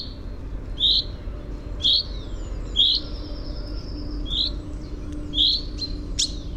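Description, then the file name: Common chaffinch giving sharp, single call notes roughly every second, with a few faint high sounds and a low constant noise behind. "Fringilla coelebs"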